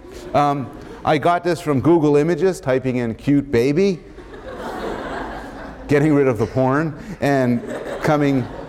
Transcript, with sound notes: I got this from Google Images, typing in “cute baby,” [laughter] getting rid of the porn and [laughter] coming